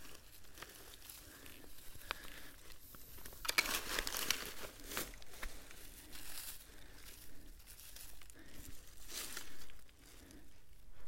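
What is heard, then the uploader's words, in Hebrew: A walk in the forest: irregular crunching and crinkling, like steps through dry leaves and twigs, with louder bursts around four and nine seconds. טיול יומי ביער.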